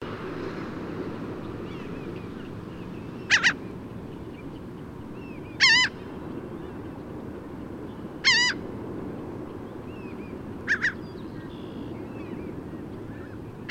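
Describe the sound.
Bird calls: short, sharp stacked notes with a harsh, ringing quality, given singly about every two and a half seconds over a steady low rumble of background noise.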